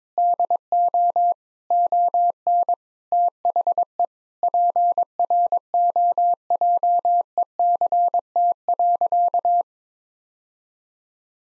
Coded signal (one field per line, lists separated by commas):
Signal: Morse code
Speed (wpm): 22 wpm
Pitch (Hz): 700 Hz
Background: none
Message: DO ON THE PROJECT.